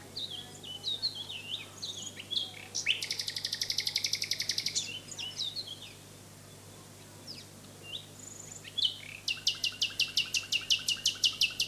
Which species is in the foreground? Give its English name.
Common Nightingale